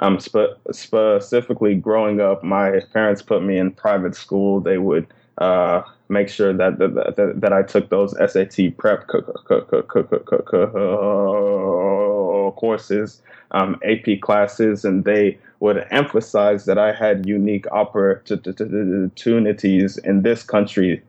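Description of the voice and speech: Adult male speech with syllable repetitions, a long silent block before "courses", and repeated words: stuttering. The stuttering began at a very young age and was covert through high school; he sought help in college and learned to speak slower and pause more.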